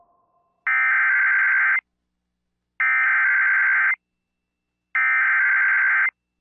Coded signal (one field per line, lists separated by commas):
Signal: Emergency Alert System (SAME) tones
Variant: header bursts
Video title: SVR GALORE XIV: EXTREME NORTHERN PLAINS ACTION... EAS Alerts from 6/15-16/24 (EAS #4,331 - 4,369)